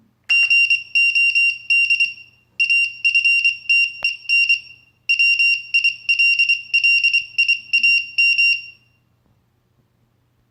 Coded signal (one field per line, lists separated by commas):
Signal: Morse code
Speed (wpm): 24 wpm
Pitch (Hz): 2750 Hz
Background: none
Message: GOD AFTEN WILLIAM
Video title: Serial ASCII to morse code converter